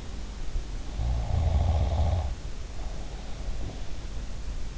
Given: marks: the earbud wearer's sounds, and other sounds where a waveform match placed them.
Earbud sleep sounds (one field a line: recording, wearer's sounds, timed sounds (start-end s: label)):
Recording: sounds in sleep by an in-ear microphone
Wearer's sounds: snoring breath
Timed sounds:
0.85-3.82 s: snoring breath
3.33-4.04 s: sound from someone else or the room